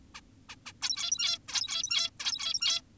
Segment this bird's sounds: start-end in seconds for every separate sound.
0.15-0.21, 0.49-0.56, 0.66-0.73, 0.82-1.39, 1.48-2.10, 2.20-2.82